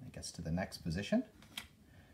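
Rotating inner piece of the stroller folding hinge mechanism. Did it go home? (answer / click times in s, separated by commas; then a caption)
yes / 1.6 s. The rotating inner piece of a Bugaboo Fox stroller's central folding hinge mechanism is turned to its next position. Someone talks, then a short, sharp click at 1.6 s marks it snapping into place again, seated.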